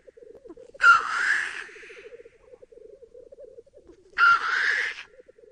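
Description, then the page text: Black grouse uttering two loud rasping hiss calls a few seconds apart over a soft, continuous bubbling coo in the background. "OnBird - Тетерев"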